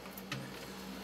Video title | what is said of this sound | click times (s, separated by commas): Broken Agitator - Whirlpool Imperial Series II | make sure that's down in there you can he it pop back in | 0.2 s, 0.3 s